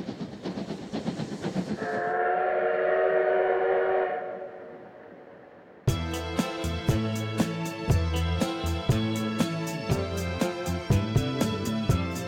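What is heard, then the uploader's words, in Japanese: A steam locomotive on a Japanese main-line railway. A rumbling run gives way to a long, steady whistle around two seconds that fades out by five seconds. The sound then cuts to close, loud chuffing, with sharp regular beats about three per second and a heavy low rumble underneath. 大井川鐵道・本線を走る「かわね路号」や臨時SL急行。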